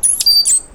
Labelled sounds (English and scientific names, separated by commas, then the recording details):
Stitchbird (Notiomystis cincta) song
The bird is a male
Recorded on Tiritiri Matangi Island, New Zealand, in 2005
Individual 1, of nest box 1